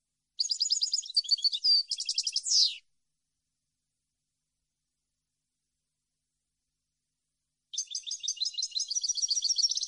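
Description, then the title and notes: European goldfinch singing a fast twittering, trilled phrase with a buzzy ending, then a long gap before another rapid tinkling phrase begins. Clean goldfinch song from a CD intended for song copying and training. "Cd Jilguero. Cd de canto de jilguero limpio para copia"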